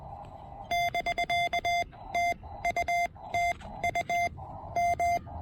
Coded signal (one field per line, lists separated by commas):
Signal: Morse code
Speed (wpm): 20 wpm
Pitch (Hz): 690 Hz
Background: none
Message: <BK> TU TU M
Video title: Amazing QRP POTA fun with my $120 TEN-TEC R4020!